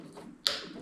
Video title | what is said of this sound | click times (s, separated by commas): PIDZOOM AVERTISSEUR DE PRESSION DES ROUES TROTTINETTE ÉLECTRIQUE VELO #pourtoi #fyp #foryou #rider | et voilà, c'est clipsé. | 0.5 s